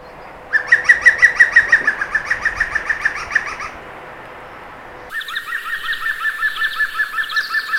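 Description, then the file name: European green woodpecker call, a loud laughing series of ringing notes, evenly repeated, with a second similar laughing series after a brief cut. "gruenspecht"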